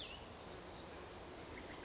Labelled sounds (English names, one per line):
Cassin's Vireo